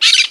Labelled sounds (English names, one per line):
Brown-throated Parakeet contact call